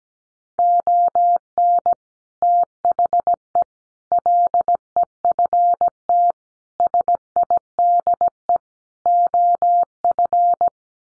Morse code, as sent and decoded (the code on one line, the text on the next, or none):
--- -. / - .... . / .-.. . ..-. - / ... .. -.. . / --- ..-.
ON THE LEFT SIDE OF